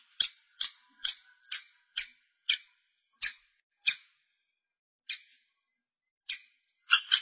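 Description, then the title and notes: Long-tailed shrike calling with single sharp high notes, quick at first then spaced farther apart, with a doubled call at the end. "Pentet 201703. Suara burung pentet"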